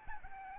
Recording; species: mosquito wingbeat signal from an infrared sensor; Aedes albopictus